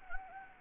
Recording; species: mosquito wingbeat signal from an infrared sensor; Anopheles gambiae